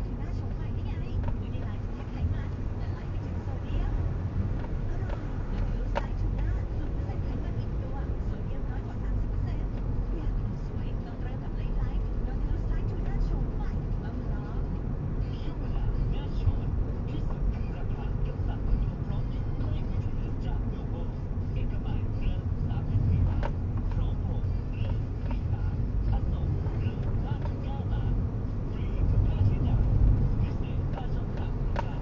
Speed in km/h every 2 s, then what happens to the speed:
34, 34, 26, 24, 24, 32, 39, 38, 40, 40, 38, 37, 30, 29, 28, 28.
2-5 slows to 24. 8-16 speeds up to 40. 16-22 steady at about 38. 22-24 brakes to 30. 24-32 steady at about 28.